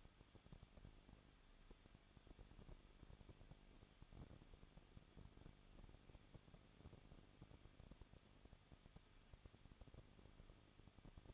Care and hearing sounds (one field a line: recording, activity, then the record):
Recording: daily activity, microphone in the room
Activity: no activity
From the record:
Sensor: 4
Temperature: 23.1 degrees Celsius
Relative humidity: 34.3%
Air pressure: 1007.2 hPa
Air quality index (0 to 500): 213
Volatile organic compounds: 14 ppm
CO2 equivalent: 2461 ppm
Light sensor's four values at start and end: 2/3/1/1 and 2/3/1/1